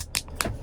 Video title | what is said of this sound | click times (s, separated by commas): 2024-2027 GMC Acadia Key Fob Battery Replacement | You can hear it snap like that. | 0.2 s, 0.4 s